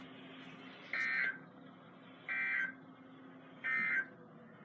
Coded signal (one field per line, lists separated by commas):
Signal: Emergency Alert System (SAME) tones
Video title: The more the merrier EAS# 85-89 6/7/20 (Read Desc)